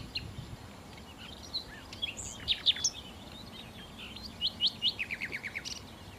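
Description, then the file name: Common nightingale song in loose bursts: scattered sharp notes, then a short quick series of repeated chips, fairly quiet against background hiss. "Nachtigall"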